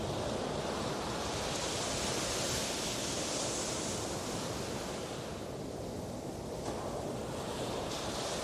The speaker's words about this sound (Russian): Я лежала на песке пляжа, смотрела на звезды, а поблизости от меня все еще разбивались небольшие волны.